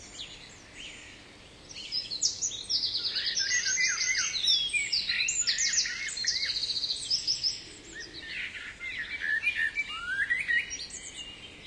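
Bird song: several high chirping and trilling phrases, with a soft steady background hiss.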